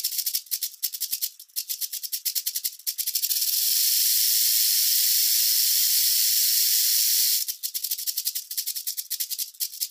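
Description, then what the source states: Rattlesnake rattling: dry, hissy bursts of rapid clicks that fuse into a steady, unbroken buzz for several seconds, then break back into quick pulsed bursts. Microphones set in place and left, the recordist staying well away from the snake.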